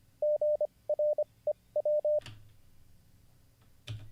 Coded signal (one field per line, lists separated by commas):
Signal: Morse code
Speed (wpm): 24 wpm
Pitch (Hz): 600 Hz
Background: radio noise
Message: GREW